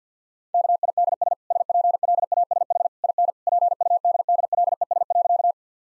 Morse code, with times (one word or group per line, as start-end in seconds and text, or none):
0.5-1.3 KIDS
1.5-2.9 SPLASH
3.0-3.3 IN
3.5-5.5 PUDDLES.